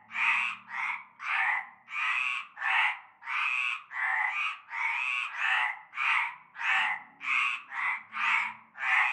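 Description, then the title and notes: Frogs croaking in a dense chorus, harsh rasping croaks overlapping about one and a half times a second, with a faint low hum underneath. Chorus heard from nightfall in a large concrete basin holding stagnant greenish water, Avenue Cante Coucou, La Ciotat, Bouches-du-Rhône, Provence, France. "Avenue Cante Coucou, Groupède, La Ciotat, Marseille, Bouches-du-Rhône, Provence-Alpes-Côte d'Azur, France métropolitaine, 13600, France - cœur de grenouilles. Une grande vasque en béton, un fond d'eau verdâtre croupissant. et un cœur de grenouilles dès la nuit tombée"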